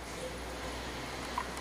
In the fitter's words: there is the inside pin you will see uh you will hear the click noise